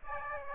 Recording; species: mosquito wingbeat signal from an infrared sensor; Aedes aegypti